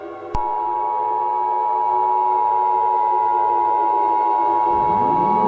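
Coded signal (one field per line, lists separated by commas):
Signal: Emergency Alert System (SAME) tones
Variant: 853 and 960 Hz attention tone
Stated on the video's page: Fictional EAS scenario, South Park themed.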